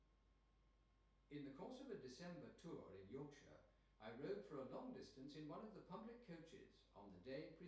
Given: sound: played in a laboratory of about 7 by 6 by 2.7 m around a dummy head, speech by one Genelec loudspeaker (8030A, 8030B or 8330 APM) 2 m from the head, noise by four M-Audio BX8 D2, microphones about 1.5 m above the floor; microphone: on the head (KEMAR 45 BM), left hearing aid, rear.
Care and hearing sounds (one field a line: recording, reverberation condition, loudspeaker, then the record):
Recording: male speech in English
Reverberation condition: medium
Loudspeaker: 120 degrees to the right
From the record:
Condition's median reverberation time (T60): about 510 ms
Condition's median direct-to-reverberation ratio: about -0.5 dB